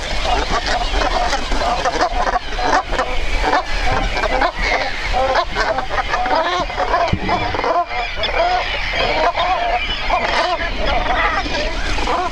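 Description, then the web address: Brant goose: brant geese calling as a dense flock, a continuous babble of overlapping low, guttural rolling notes with no pauses throughout. Recorded on Trischen. "trischen Ringelgans"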